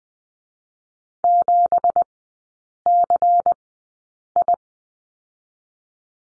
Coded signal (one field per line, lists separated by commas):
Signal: Morse code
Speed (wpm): 20 wpm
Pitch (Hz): 700 Hz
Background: none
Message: 7CI